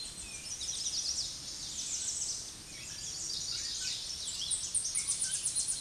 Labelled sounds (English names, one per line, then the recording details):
American Redstart song
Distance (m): 30 m
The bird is about 10 m above the microphone
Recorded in a Pennsylvania forest on 16 May 2024 at 06:53
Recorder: AudioMoth, point MSD-2027
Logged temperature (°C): 15.6 °C
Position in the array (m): 117 m, 204 m